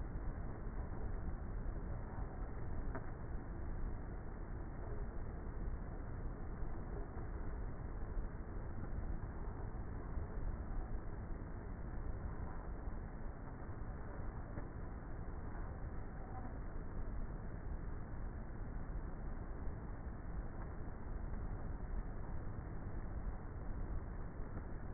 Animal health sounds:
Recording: honeybee colony, microphone inside the hive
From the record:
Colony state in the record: queenless with a low population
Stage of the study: before two queens were removed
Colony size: about 30,000 bees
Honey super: no

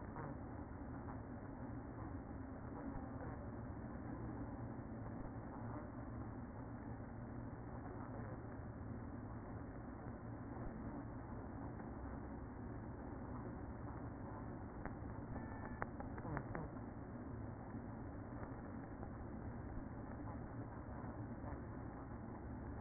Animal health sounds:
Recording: honeybee colony, microphone inside the hive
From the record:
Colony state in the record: queen present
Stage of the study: after two queens were removed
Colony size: about 60,000 bees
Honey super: yes

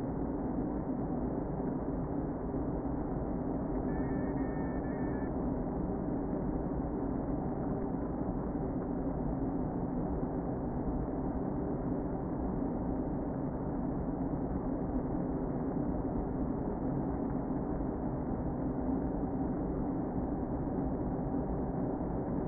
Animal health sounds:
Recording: honeybee colony, microphone inside the hive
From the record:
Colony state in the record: queen present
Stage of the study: before two queens were removed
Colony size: about 60,000 bees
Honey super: yes

